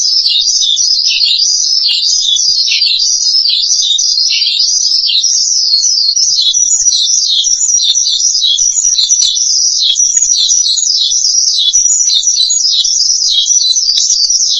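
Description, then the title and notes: Starling with a high, rambling warble of rapid up-and-down notes, sustained without breaks for the whole stretch. "suara burung jalak"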